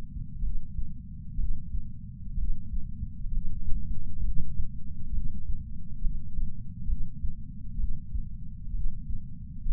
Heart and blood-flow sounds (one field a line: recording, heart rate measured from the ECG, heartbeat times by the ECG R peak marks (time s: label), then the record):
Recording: heart sounds by patch sensor on the chest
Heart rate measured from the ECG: 65 bpm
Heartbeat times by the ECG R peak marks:
0.40 s: heartbeat
1.36 s: heartbeat
2.35 s: heartbeat
3.30 s: heartbeat
4.22 s: heartbeat
5.11 s: heartbeat
6.00 s: heartbeat
6.86 s: heartbeat
7.77 s: heartbeat
8.72 s: heartbeat
9.64 s: heartbeat
From the record:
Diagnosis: coronary artery disease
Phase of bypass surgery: preoperative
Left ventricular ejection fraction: 47%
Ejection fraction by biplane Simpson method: 47.3%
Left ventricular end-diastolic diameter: 51 mm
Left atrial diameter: 32 mm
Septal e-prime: 4.7 cm/s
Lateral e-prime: 7 cm/s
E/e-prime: 9.1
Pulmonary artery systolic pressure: 21 mmHg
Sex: male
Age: 60 years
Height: 174 cm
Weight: 72 kg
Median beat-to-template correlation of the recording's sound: 0.91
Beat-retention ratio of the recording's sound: 0.98